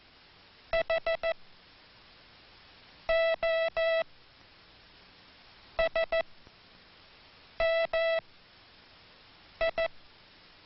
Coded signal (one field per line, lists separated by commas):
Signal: Morse code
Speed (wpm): 14 wpm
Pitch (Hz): 660 Hz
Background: music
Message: H O S M I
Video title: International Morse Code, Hand Sending